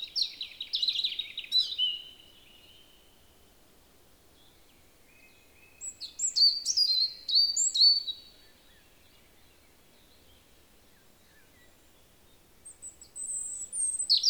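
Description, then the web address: European robin song: three high, tinkling phrases of quick varied notes and trills, separated by long quiet pauses. "SETE data Erithacus rubecula"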